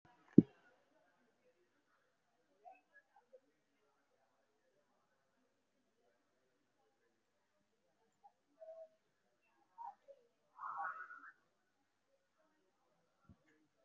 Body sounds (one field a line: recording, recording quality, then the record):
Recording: shallow breathing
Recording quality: poor, much background noise or distortion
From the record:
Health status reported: respiratory illness, not identified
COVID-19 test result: negative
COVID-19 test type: RT-PCR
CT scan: taken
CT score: 0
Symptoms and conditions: cough, cold, breathing difficulty, pneumonia, another respiratory illness, another condition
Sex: female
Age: 37 years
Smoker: no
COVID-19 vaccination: none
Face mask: worn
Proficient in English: yes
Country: India